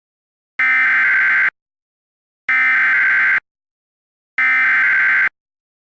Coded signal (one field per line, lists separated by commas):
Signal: Emergency Alert System (SAME) tones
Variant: header bursts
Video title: EAS Mock #2 - Severe Thunderstorm Warning (Valid Tones) [Requested by SPCDayton4577]